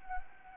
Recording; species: mosquito wingbeat signal from an infrared sensor; Anopheles gambiae